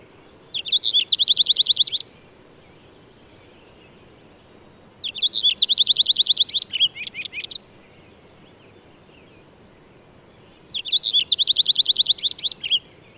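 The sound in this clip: Bird song phrases of rapid, high, buzzy-edged repeated notes, each lasting about two seconds, delivered three times with pauses of roughly three seconds between.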